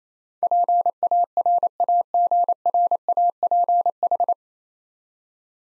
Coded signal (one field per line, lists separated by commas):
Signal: Morse code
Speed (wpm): 28 wpm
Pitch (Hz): 700 Hz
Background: none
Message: PARAGRAPH